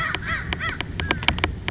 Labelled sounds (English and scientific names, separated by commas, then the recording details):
American Crow (Corvus brachyrhynchos)
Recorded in Sonoma County, California